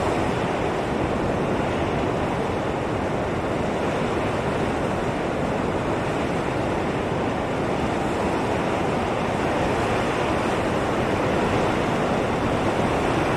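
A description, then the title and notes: A desert windstorm roars without pause, a dense, steady rush weighted toward the low and middle range with a softer hiss above. The level holds nearly constant for the whole stretch, with only faint flutter and no distinct gusts or separate events. Desert Wind Storm Sounds White Noise.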